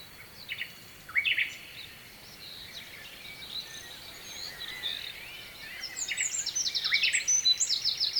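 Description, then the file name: Nightingale song in scattered bursts: a few sharp notes early, a quieter stretch, then rapid runs of high repeated notes near the end, over steady rushing sound. Nightingale singing at night with a distant stream, at Kovachevitsa, Bulgaria. "Noshten slavej i dalechen potok (s Kovachevica)"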